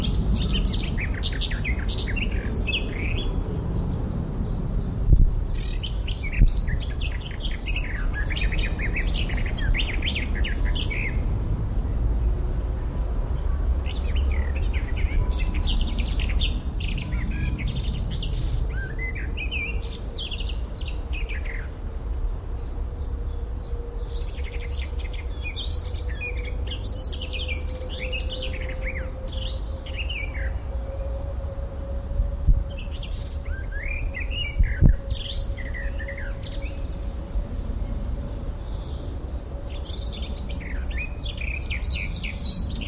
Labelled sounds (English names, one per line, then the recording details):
Garden Warbler
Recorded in the wild
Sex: male
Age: adult
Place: Friedhof Niederschönhausen III, Berlin, DE
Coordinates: 52.62, 13.46
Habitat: Stadtfriedhof
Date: 1994-05-12
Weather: sonnig, böiger Wind, 12-14°C
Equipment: Marantz CP 430, Sennheiser ME 80, Kopie Uher Variocord 263
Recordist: Tembrock, Günter